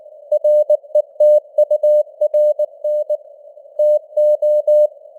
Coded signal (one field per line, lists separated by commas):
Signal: Morse code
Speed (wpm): 19 wpm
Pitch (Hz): 600 Hz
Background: none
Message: RETURN TO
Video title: Morse Code News | 2026-01-15 | 19wpm